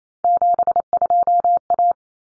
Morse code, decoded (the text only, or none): 72A